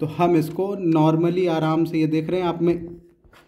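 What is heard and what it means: A landline phone cable's plastic connector, clip side down, is being handled at the phone port of an Airtel Xtreme Fiber router while a man talks throughout. Nothing has seated or clicked yet by the end of the clip.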